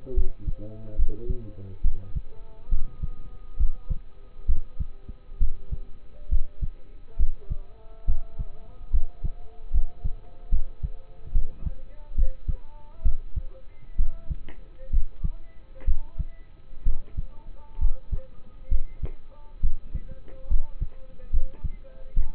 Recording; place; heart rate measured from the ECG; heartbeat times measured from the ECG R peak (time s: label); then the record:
heart sounds by stethoscope; between the tricuspid and mitral areas; 68 bpm
0.14 s: heartbeat
0.96 s: heartbeat
1.82 s: heartbeat
2.69 s: heartbeat
3.57 s: heartbeat
4.46 s: heartbeat
5.39 s: heartbeat
6.29 s: heartbeat
7.17 s: heartbeat
8.06 s: heartbeat
8.91 s: heartbeat
9.71 s: heartbeat
10.50 s: heartbeat
11.32 s: heartbeat
12.15 s: heartbeat
13.03 s: heartbeat
13.97 s: heartbeat
14.91 s: heartbeat
15.85 s: heartbeat
16.84 s: heartbeat
17.79 s: heartbeat
18.69 s: heartbeat
19.61 s: heartbeat
20.48 s: heartbeat
21.31 s: heartbeat
22.14 s: heartbeat
From the record:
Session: rest, lying down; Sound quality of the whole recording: partially saturated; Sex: male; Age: 27 years